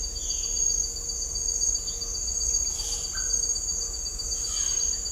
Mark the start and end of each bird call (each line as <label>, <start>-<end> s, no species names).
bird call, 0.15-0.78 s
bird call, 3.07-3.44 s
bird call, 4.39-5.01 s